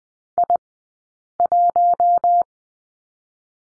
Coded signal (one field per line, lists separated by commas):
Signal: Morse code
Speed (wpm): 19 wpm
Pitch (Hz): 700 Hz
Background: none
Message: I 1